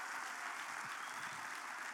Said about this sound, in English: And that is the softest clap I have ever heard in this place.